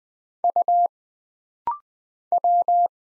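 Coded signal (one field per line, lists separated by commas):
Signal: Morse code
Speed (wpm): 20 wpm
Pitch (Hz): 700 Hz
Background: none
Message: U W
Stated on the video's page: Morse practice at 20 wpm: rapid-fire single letters, numbers, punctuation and prosigns, each sent twice for instant character recognition drill.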